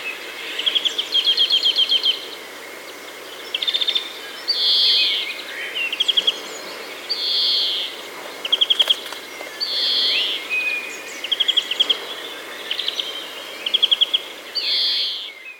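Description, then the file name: European greenfinch giving short, fast, high trills mixed with nasal, buzzy notes, in many phrases throughout, over a faint steady background hiss. "Chloris chloris"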